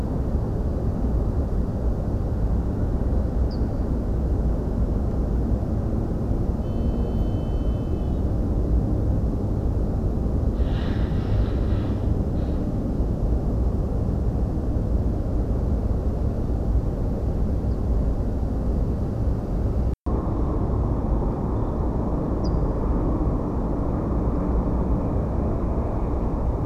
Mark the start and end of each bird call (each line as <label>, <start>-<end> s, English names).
Ortolan Bunting, 3.50-3.56 s
Ortolan Bunting, 17.70-17.76 s
Ortolan Bunting, 22.43-22.49 s